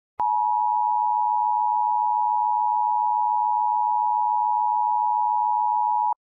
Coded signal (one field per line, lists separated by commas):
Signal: Emergency Alert System (SAME) tones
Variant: 853 and 960 Hz attention tone